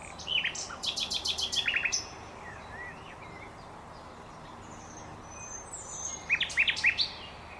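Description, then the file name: Common nightingale song: a fast run of repeated high chirping notes, a second short series, a pause, then another quick burst of sharp repeated notes near the end. "Luscinia megarhynchos"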